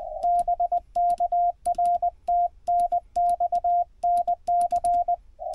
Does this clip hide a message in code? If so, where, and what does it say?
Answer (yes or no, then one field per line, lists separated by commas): yes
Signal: Morse code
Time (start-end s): 0.2-5.1 s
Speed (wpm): 20 wpm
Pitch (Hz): 690 Hz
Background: radio noise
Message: BK R TNX NC